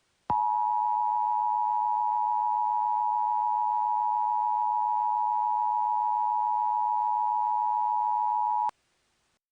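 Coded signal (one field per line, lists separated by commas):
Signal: Emergency Alert System (SAME) tones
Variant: 853 and 960 Hz attention tone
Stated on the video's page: Fictional EAS scenario about a subterranean beast.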